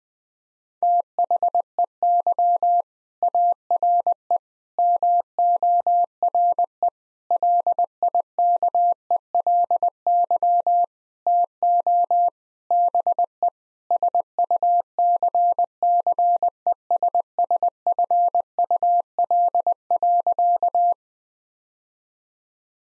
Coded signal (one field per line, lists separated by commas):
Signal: Morse code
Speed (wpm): 21 wpm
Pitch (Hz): 700 Hz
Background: none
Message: THEY ARE MORE LIKELY TO BE SUCCESSFUL.